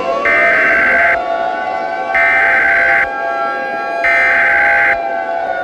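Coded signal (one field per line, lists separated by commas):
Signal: Emergency Alert System (SAME) tones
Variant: header bursts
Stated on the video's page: Mock EAS alert for a Jupiter collision.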